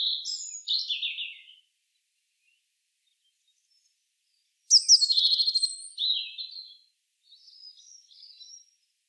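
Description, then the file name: Eurasian blue tit calling: a short buzzy chattering phrase, silence of three seconds, then a louder rapid churring trill followed by softer twittering notes. "Cyanistes caeruleus"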